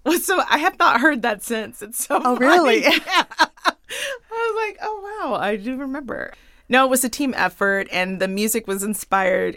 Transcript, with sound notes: So I have not heard that since. It's so funny.
Oh, really?
(Laughter) Yeah. I was like, oh, wow, I do remember. No, it was a team effort, and the music was inspired